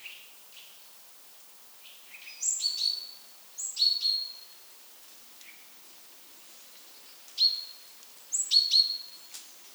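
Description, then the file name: Great tit calls: high, thin notes sweeping downward, some paired, scattered throughout with brief pauses between groups. "Parus major"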